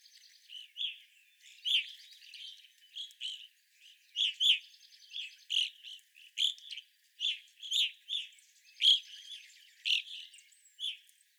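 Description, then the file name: Evening grosbeaks call with loud, ringing chirps, nearly one a second. Several evening grosbeaks recorded on 25 April 2021. "2021-04-25 Evening Grosbeaks"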